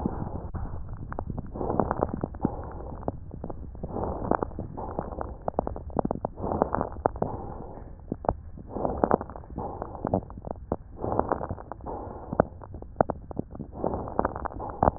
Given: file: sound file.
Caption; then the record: Two respiratory medicine physicians separately listened to the recordings and characterized them as follows: (3) rhonchi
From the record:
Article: Back to the future: the novel art of digital auscultation applied in a prospective observational study of critically ill Covid-19 patients